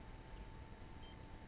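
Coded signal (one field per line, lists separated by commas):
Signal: beep code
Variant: Align ESC setup beeps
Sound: one short high-pitched beep over a steady low hum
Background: steady electrical hum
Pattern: 1 short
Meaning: Brake setting, default value selected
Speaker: if you throttle down to enter programming the break one beep that's what I want that's default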